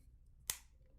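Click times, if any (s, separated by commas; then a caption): 0.5 s. The plastic paw/limb section of a robot-lion transforming toy is collapsed and pushed down into the toy's body. At 0.5 s there is a single sharp, bright snap as the piece seats in place. Faint low background hum is heard throughout, and the piece is confirmed seated.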